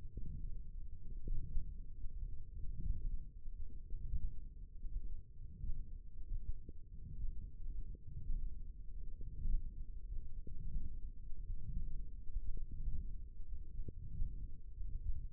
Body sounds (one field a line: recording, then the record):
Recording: forearm muscle sounds (acoustic myography)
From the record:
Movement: forearm supination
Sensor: system 1, eight BSWA MPA416 microphones around the upper forearm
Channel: 2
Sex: male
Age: 21 years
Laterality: right